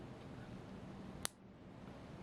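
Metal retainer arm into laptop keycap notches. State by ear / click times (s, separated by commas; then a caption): seated / 1.3 s. The metal retainer arm of a Lenovo laptop keyboard key is pressed into the notches along the bottom edge of the plastic keycap. Over a low, steady background hum, a single sharp click rings out at 1.3 seconds as the arm pops into place and seats.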